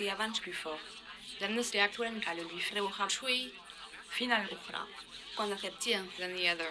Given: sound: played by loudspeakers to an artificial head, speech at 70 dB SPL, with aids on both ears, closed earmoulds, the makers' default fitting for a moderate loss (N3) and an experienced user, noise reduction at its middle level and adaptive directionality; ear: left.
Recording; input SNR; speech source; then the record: speech test signal (ISTS) in cocktail-party noise; +9 dB; in front (0 degrees)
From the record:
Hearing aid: class 1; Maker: E